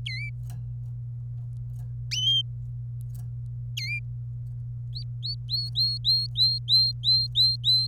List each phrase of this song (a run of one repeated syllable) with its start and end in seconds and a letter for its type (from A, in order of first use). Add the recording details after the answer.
0.06-0.30 A, 3.77-3.99 A, 4.93-7.87 B. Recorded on 26 April 2018 at 15:33. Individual llb3